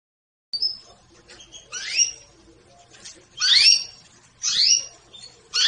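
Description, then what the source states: Canary notes spaced out, about four quick rising swoops in a row with faint chirps between them. Domestic canary singing in the Persian "rasmi" song style.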